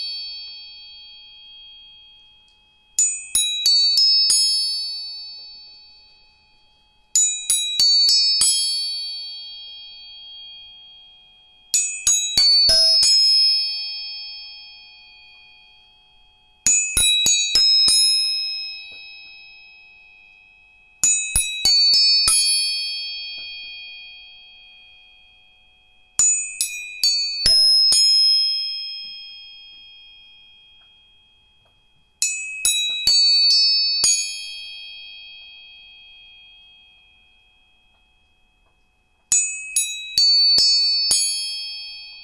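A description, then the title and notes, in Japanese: Tuning forks are struck about nine times, roughly every four to five seconds, each strike a sharp metallic click followed by a bright, clear ringing tone. Every ring fades slowly before the next tap, and a faint lower tone sometimes sounds beneath it. The setting is otherwise quiet. 音叉チューニング全体性。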